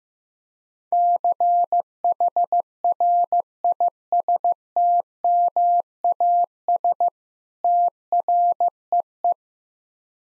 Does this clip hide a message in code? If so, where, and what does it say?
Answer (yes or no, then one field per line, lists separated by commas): yes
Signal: Morse code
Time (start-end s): 0.9-9.3 s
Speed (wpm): 15 wpm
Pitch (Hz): 700 Hz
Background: none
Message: CHRISTMAS TREE